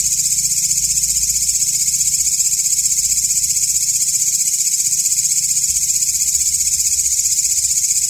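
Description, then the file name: Grasshopper producing a steady, shrill pulsed buzz, roughly four throbs per second throughout, with a soft low hum in the background. Walang ngapak calls separated by 30-second pauses. "audio-walang-ngapak-versi-terbaru 3-jeda-30-detik"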